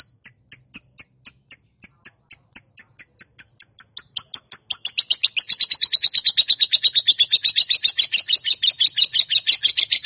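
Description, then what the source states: Lovebird chirps in a fast series, starting as evenly spaced high notes about three per second, then speeding into a rapid buzzy chatter. Song style named "konslet".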